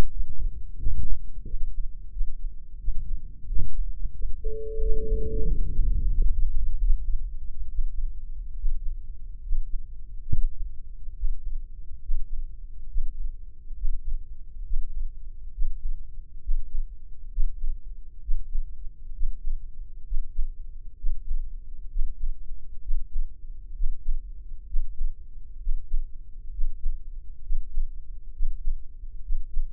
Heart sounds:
heart sounds by microphone in the left ear; 72 bpm
0.12 s: heartbeat
0.78 s: heartbeat
1.45 s: heartbeat
2.12 s: heartbeat
2.79 s: heartbeat
3.47 s: heartbeat
4.14 s: heartbeat
4.80 s: heartbeat
5.47 s: heartbeat
6.11 s: heartbeat
6.80 s: heartbeat
7.69 s: heartbeat
8.56 s: heartbeat
9.43 s: heartbeat
10.29 s: heartbeat
11.15 s: heartbeat
12.01 s: heartbeat
12.88 s: heartbeat
13.75 s: heartbeat
14.64 s: heartbeat
15.52 s: heartbeat
16.41 s: heartbeat
17.30 s: heartbeat
18.21 s: heartbeat
19.13 s: heartbeat
20.05 s: heartbeat
20.96 s: heartbeat
21.89 s: heartbeat
22.81 s: heartbeat
23.74 s: heartbeat
24.66 s: heartbeat
25.59 s: heartbeat
26.51 s: heartbeat
27.42 s: heartbeat
28.32 s: heartbeat
29.22 s: heartbeat
From the record:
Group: healthy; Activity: rest 0-7 s, breath hold 7-30 s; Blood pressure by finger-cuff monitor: 159/88 mmHg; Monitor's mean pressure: 107 mmHg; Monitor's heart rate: 69 bpm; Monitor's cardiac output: 6.7 L/min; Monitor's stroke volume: 101 mL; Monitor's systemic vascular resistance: 1070 dyn s/cm5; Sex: male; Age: 57 years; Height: 188 cm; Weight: 106 kg

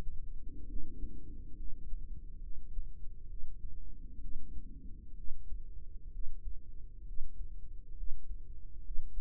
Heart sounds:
heart sounds by microphone in the right ear; 66 bpm
0.67 s: heartbeat
1.55 s: heartbeat
2.40 s: heartbeat
3.27 s: heartbeat
4.19 s: heartbeat
5.14 s: heartbeat
6.10 s: heartbeat
7.04 s: heartbeat
7.94 s: heartbeat
8.82 s: heartbeat
From the record:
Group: healthy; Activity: rest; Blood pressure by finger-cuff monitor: 138/75 mmHg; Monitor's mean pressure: 94 mmHg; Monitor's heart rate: 67 bpm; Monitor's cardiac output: 5.8 L/min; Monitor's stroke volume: 85 mL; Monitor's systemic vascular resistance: 1190 dyn s/cm5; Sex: female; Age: 32 years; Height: 168 cm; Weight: 61.9 kg

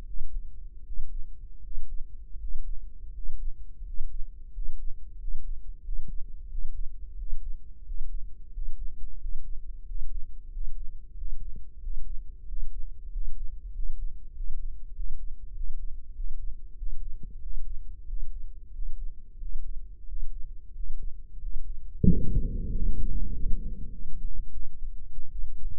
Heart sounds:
heart sounds by microphone in the right ear; 90 bpm
0.04 s: heartbeat
0.83 s: heartbeat
1.60 s: heartbeat
2.37 s: heartbeat
3.11 s: heartbeat
3.83 s: heartbeat
4.51 s: heartbeat
5.17 s: heartbeat
5.82 s: heartbeat
6.47 s: heartbeat
7.15 s: heartbeat
7.83 s: heartbeat
8.51 s: heartbeat
9.17 s: heartbeat
9.84 s: heartbeat
10.50 s: heartbeat
11.15 s: heartbeat
11.79 s: heartbeat
12.45 s: heartbeat
13.10 s: heartbeat
13.72 s: heartbeat
14.33 s: heartbeat
14.93 s: heartbeat
15.53 s: heartbeat
16.13 s: heartbeat
16.76 s: heartbeat
17.40 s: heartbeat
18.06 s: heartbeat
18.72 s: heartbeat
19.39 s: heartbeat
20.06 s: heartbeat
20.73 s: heartbeat
21.39 s: heartbeat
22.05 s: heartbeat
22.71 s: heartbeat
23.32 s: heartbeat
23.90 s: heartbeat
24.52 s: heartbeat
25.31 s: heartbeat
From the record:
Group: healthy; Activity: breath hold 0-22 s, rest 22-26 s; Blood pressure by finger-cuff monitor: 123/71 mmHg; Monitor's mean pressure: 81 mmHg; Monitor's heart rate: 91 bpm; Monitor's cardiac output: 7.2 L/min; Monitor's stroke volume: 79 mL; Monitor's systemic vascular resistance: 810 dyn s/cm5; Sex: male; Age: 23 years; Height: 179 cm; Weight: 87 kg

